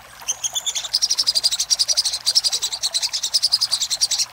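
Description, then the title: Little spiderhunter song: a fast run of sharp, high chips and short trills, repeated several times a second, bright and insect-like, with no other clear sounds. Master recording used for training cage birds. "Masteran Burung Sogok Ontong Labaik"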